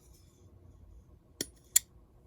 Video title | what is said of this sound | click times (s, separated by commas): Freeman 451 S45VN Button Lock | You just get that tiny little bit of click. | 1.4 s, 1.8 s